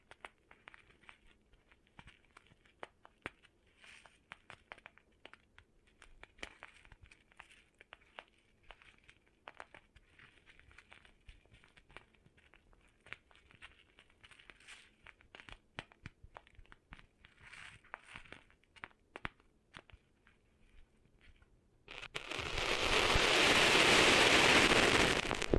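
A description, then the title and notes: Cleaning sand out of ears: for about twenty-two seconds there are quiet, irregular scratchy crackles and gritty rustles, dense but soft, with small clicks scattered throughout. Near the end a loud, steady hiss suddenly takes over and holds to the finish. ASMR Cleaning Sand Out of Your Ears (No Talking).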